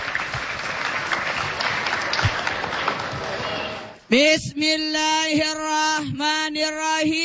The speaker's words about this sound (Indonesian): Tepuk tangan dulu.